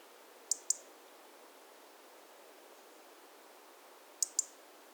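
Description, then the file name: European robin giving sharp, high ticking calls: two quick pairs of clicks, one near the start and one near the end, over a faint steady hiss. "Erithacus rubecula"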